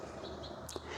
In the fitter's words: Now we can install our dust cap, slide it in the grooves, and twist it right till it clicks.